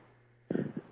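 After a moment of quiet, an adult gives one sudden, explosive sneeze ending in a brief second puff.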